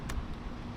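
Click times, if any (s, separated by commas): 0.1 s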